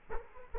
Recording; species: mosquito wingbeat signal from an infrared sensor; Culex quinquefasciatus